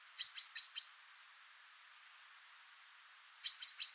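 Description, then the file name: Common chaffinch delivering a fast run of four clipped notes, a silent gap, then three more. "Fringilla coelebs"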